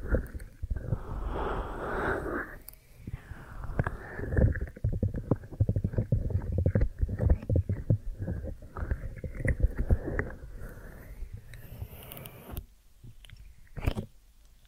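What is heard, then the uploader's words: A deep ear massage: muffled rubbing and scraping, heavy in the low end, with dense crackles and pops packed together from about four to ten seconds. The motion pauses briefly near 2.5 and 12.5 seconds, then returns with a soft swell near the end. ASMR Deep Ear Massage for Sleep(No Talking).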